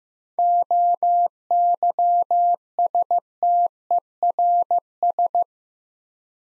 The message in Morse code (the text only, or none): OYSTERS